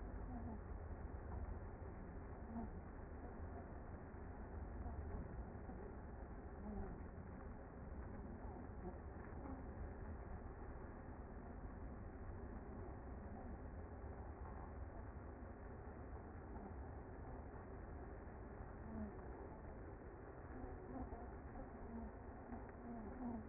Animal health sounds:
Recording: honeybee colony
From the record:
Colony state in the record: active

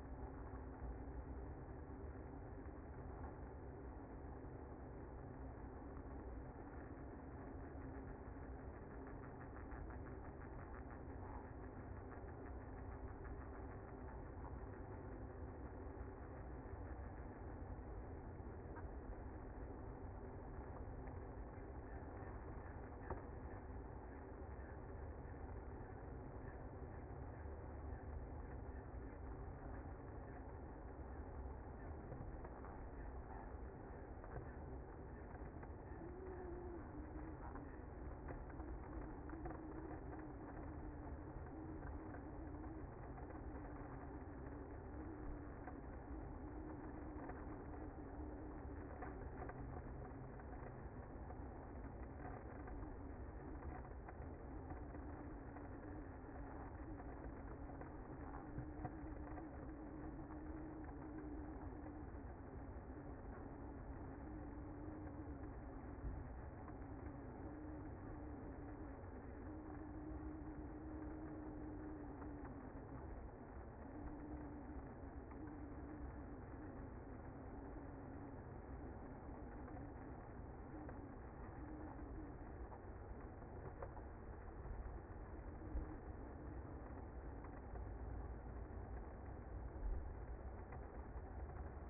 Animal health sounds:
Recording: honeybee colony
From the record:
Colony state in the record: active

